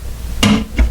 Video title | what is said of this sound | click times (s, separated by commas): Flapper Replacement / How To Adjust The Replacement | it snaps right in. | 0.4 s